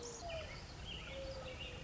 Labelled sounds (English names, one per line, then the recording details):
Mourning Dove
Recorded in Sonoma County, California